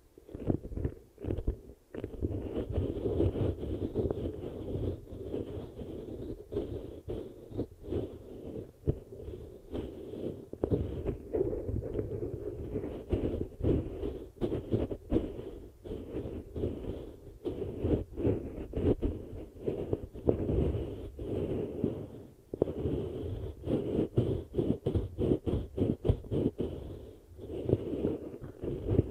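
An ear massage sound: dense, muffled rubbing and pressing with a deep, throbbing low end, broken by rapid clicks and brief dropouts throughout. Thuds come in quick irregular bursts, with a faint hiss higher up and slight swells in loudness.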